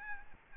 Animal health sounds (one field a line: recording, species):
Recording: mosquito wingbeat signal from an infrared sensor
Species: Aedes albopictus